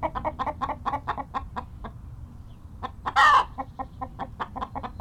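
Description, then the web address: Chicken utters a fast run of short clucks, then a pause, one loud squawk, and more rapid clucking afterward. "Tom Hutchings Chicken Cluck and Squawks"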